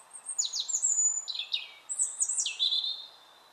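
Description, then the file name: European robin song: thin, high phrases of sliding, falling notes delivered in quick succession. "Erithacus rubecula"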